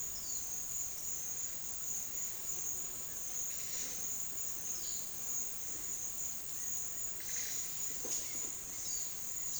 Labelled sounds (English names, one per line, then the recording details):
none
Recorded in pastures near Puerto Asís, Putumayo, Colombia, on 22 June 2025 at 12:30
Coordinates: 0.466, -76.322
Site GP07